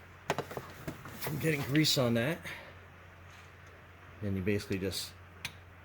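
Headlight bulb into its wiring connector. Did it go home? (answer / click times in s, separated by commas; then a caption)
yes / 5.4 s. On a Chevy Equinox, a new H11 headlight bulb is pushed into its plastic wiring connector while someone talks. A few soft taps and handling sounds occur early on, then a single sharp click at 5.5 s marks the bulb seating in the connector.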